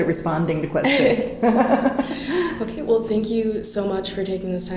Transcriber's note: laughter